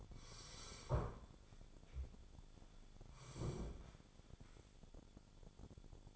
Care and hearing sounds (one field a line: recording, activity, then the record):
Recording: daily activity, microphone in the room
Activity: sit down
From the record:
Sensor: 5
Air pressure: 1015.4 hPa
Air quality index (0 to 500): 177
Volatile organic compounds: 6 ppm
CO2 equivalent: 1926 ppm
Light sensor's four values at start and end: 36/82/33/32 and 37/84/34/33